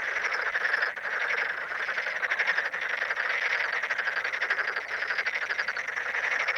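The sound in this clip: Toads trilling together in a thick, unbroken chorus of rapid pulses, a buzzing wall of sound that dips briefly near the start.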